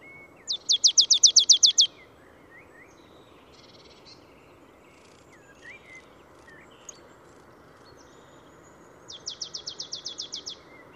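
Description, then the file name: Marsh tit calling: a fast run of about ten high, dry repeated notes, a quiet stretch with faint thin chirps, then a second softer run. "Poecile palustris"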